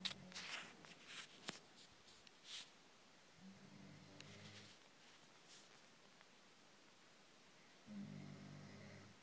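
A few early rustles and clicks, then two low, rumbling, buzzy snores about four seconds apart from an adult sleeper: ordinary snoring.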